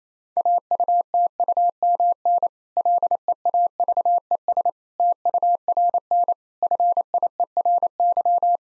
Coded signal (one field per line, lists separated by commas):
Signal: Morse code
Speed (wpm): 28 wpm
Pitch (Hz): 700 Hz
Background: none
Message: AUTUMN LEAVES TURN FIERY